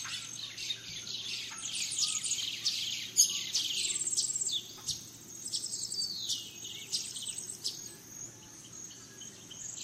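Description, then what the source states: Busy chorus of birds with rapid high chirps and trilling runs, denser early then thinning out, over a continuous insect whine. Dawn chorus in rainforest, Gran Sabana, Venezuela.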